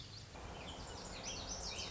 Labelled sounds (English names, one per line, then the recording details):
Lazuli Bunting
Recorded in Sonoma County, California